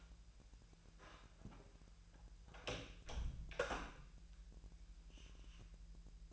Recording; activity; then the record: daily activity, microphone in the room; close door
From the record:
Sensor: 2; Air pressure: 1001.1 hPa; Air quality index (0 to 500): 250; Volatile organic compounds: 91 ppm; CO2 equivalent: 3694 ppm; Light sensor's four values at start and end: 10/25/10/10 and 10/25/10/10